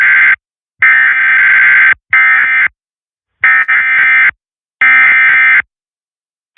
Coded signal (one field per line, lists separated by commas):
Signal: Emergency Alert System (SAME) tones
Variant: end-of-message bursts